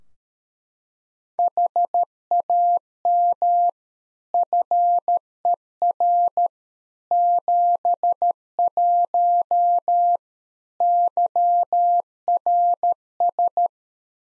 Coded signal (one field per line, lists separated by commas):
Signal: Morse code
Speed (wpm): 13 wpm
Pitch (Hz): 700 Hz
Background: none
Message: HAM FER 71 YRS